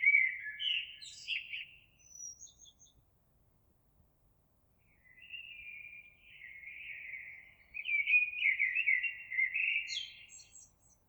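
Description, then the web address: Eurasian blackbird song: a warbled phrase with high twitter, a few faint high notes, then a long fluty phrase ending in thin high notes. Recorded 26 April 2022. "oiseaux Merle 2022 04 26"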